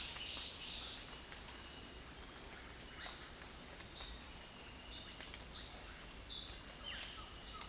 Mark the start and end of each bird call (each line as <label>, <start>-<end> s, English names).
Peruvian Warbling Antbird, 0.00-1.14 s
Russet-backed Oropendola, 2.94-3.13 s
Violaceous Jay, 6.80-7.00 s
Green-backed Trogon, 7.15-7.69 s